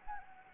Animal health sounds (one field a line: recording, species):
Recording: mosquito wingbeat signal from an infrared sensor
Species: Anopheles gambiae